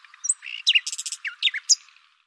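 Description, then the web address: Bird song, a brief jumble of squeaky whistles and harsher chirps with no pause between them. "Deverinetal 2025"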